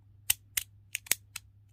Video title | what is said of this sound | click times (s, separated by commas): 100 SUBSCRIBER SPECIAL!!! - Beyblade collection showcase - Pt1 | You could even hear the clicks, just the | 0.3 s, 0.6 s, 1.0 s, 1.1 s, 1.4 s